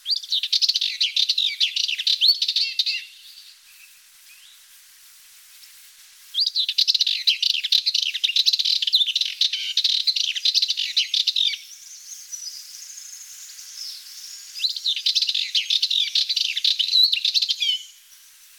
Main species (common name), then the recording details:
Sardinian Warbler. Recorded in the wild. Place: Félines/Ardèche, FR. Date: 1991-05-08. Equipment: Dat-Recorder Casio DA 7, Telinga M2, stereo, Telinga-Parabolspiegel. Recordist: Schwarz, Dieter. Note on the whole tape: Song